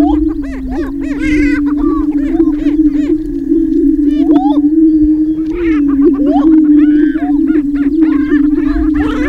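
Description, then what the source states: Greater prairie chicken booming chorus, a continuous deep moaning hum with many sharp rising cackles and yelps layered over it throughout. Greater prairie chickens booming, recorded 6 May 2005.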